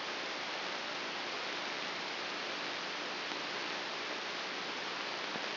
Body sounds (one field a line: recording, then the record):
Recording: brain microelectrode recording played as sound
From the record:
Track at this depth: inside the subthalamic nucleus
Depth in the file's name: 3.003 mm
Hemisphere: left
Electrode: 2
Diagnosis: Parkinson's disease